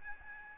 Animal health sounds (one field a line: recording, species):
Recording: mosquito wingbeat signal from an infrared sensor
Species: Aedes albopictus